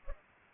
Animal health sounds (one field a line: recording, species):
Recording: mosquito wingbeat signal from an infrared sensor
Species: Culex pipiens